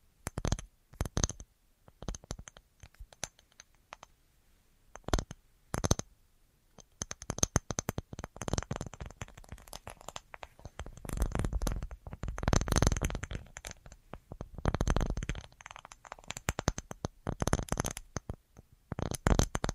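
An assortment of tapping: quick, dry taps, sparse and spaced at first, then thickening into dense, rapid clusters from about seven seconds on.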